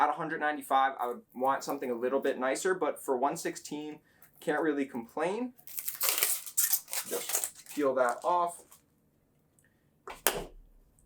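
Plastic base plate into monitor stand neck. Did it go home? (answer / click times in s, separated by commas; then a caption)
yes / 10.3 s. Someone talks, then protective film is peeled off a cheap plastic monitor stand base with a burst of crinkling and tearing noise. The plastic base plate is pushed onto the monitor stand neck and snaps into place with a sharp, short click at 10.3 s, locking it seated.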